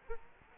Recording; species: mosquito wingbeat signal from an infrared sensor; Culex quinquefasciatus